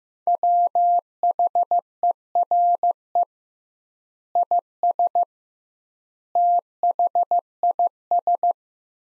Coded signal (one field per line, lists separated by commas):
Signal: Morse code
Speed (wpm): 16 wpm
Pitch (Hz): 700 Hz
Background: none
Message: WHERE IS THIS